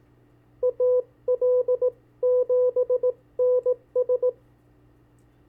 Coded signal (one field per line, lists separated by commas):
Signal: Morse code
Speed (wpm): 18 wpm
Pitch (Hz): 500 Hz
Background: none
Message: AL7NS